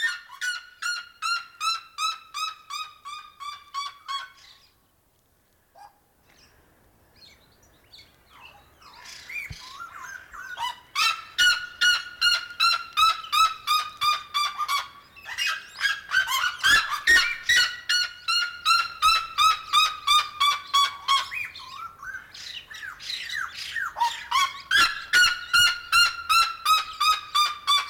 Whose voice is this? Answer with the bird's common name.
Red-legged Seriema